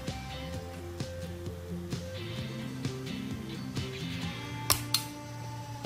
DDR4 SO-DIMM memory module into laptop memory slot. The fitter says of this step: 这样就可以了，扣上面可以。